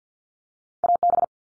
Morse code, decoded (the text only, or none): AB